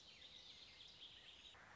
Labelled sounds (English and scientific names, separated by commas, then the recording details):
Warbling Vireo (Vireo gilvus)
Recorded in Sonoma County, California